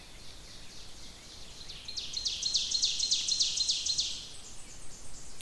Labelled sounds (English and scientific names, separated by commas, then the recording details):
Ovenbird (Seiurus aurocapilla) song
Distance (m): 40 m
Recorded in boreal forest in Alberta, Canada, on 28 May 2016 at 05:01
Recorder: SongMeter 3, array SBT-3-49
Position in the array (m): 105 m, 279 m
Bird 14